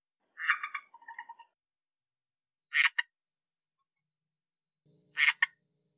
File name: red eye tree frog calling